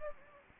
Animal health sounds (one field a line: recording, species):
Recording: mosquito wingbeat signal from an infrared sensor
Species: Anopheles gambiae